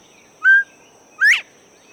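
Northern Bobwhite call of two whistles, the first steady and plain, the second upslurred, against quiet hiss.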